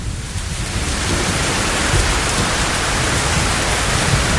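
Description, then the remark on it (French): Heavy rain from a thunderstorm, heard from inside a car, pours down in a steady, dense hiss with a low rumbling undertone, growing slightly louder after the first second and holding constant, with no voices. “Hop, là, il y a toujours de l'orage.”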